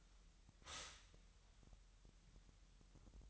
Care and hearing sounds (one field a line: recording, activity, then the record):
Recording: daily activity, microphone in the room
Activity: stop toaster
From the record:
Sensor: 3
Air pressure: 1002.0 hPa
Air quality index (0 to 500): 247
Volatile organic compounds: 50 ppm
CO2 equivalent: 3299 ppm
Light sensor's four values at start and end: 13/40/17/15 and 13/40/17/15